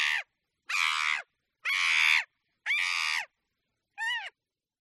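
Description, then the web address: Chimpanzee calling with four loud, coarse, noisy cries followed by a shorter, more tonal final call. "cri dun chimpanze dans la nature"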